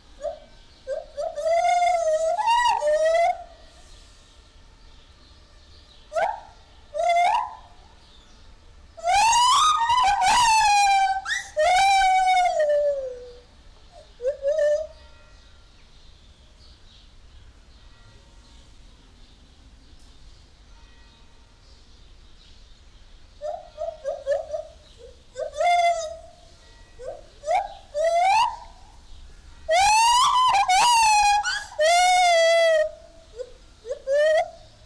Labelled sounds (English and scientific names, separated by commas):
Lar Gibbon (Hylobates lar)